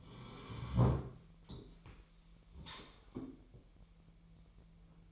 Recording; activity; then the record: daily activity, microphone in the room; sit down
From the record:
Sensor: 1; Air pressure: 1002.0 hPa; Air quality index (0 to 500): 244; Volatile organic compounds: 112 ppm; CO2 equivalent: 3826 ppm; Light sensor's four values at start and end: 11/26/11/13 and 11/27/11/13